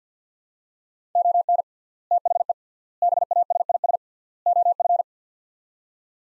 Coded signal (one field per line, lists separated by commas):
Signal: Morse code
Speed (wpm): 50 wpm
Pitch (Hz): 700 Hz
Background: none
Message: ON THE BASIS OF